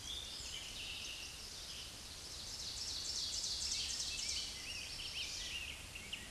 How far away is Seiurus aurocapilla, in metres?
about 40 m